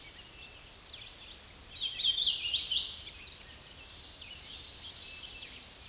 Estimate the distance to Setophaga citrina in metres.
about 40 m